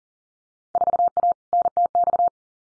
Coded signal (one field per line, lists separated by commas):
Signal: Morse code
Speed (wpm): 38 wpm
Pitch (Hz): 700 Hz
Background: none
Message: 4A NTX